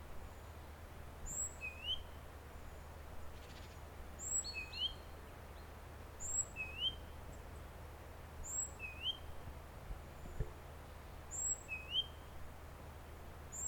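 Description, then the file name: Great tit giving rising whistled call notes, each repeated roughly every two and a half seconds over steady background hiss. "Parus major"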